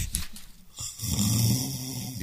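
An adult sleeper snoring: a low, rumbling snore that ends with a short extra intake of air.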